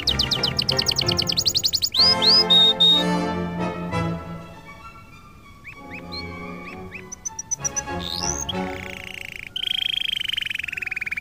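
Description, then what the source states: Canary trilling rapidly, then sweeping upslurred whistles, spaced chirps and a buzzy rattle at the end, with music playing throughout. Canary song mixed with music.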